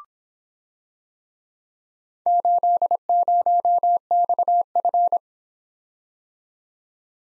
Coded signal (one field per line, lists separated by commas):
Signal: Morse code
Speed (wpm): 25 wpm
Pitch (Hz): 700 Hz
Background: none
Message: 80XF